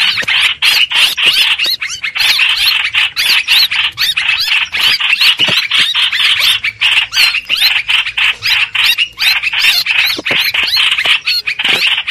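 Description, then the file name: Streak-eared bulbul calls: insistent scratchy squeals, fast and irregular, piling into a continuous chattering din. Distress call given to summon the flock. "Tieng chim trao trao keu cuu goi bay"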